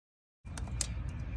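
On a 2020 Chevy Z71 during a brake pad replacement, the joined connector of the new wear sensor from the kit is snapped back onto its mounting bracket on the brake assembly. After about 0.4 s of silence, a steady low rumble begins, with faint ticks at 0.6 s and 0.7 s and a sharp click at 0.8 s. The connector is seated on its bracket.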